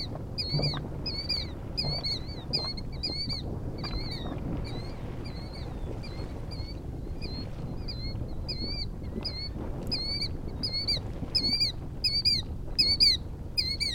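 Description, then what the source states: Killdeer calling in a busy chorus, high slurred notes repeated rapidly by several birds over a soft background rumble. Killdeer chorus recorded at Anemone Geyser on Geyser Hill.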